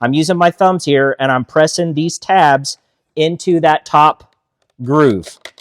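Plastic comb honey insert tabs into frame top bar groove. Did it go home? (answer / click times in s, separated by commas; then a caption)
no / none. Someone talks while using both thumbs to press the plastic tabs of a SIMPLKOMB comb honey insert into the top groove of a wooden frame's top bar. Only talking is heard; the clip ends before the tabs go home, so nothing has seated or clicked yet.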